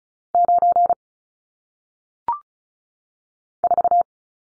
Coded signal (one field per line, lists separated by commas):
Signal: Morse code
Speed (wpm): 35 wpm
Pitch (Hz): 700 Hz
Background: none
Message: 9 4